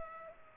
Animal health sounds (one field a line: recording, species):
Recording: mosquito wingbeat signal from an infrared sensor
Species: Culex pipiens